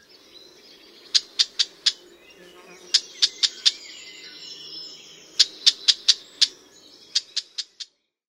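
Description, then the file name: Red-backed shrike giving dry, sharp clicking notes in clusters of four or more, separated by short pauses. "Gąsiorek"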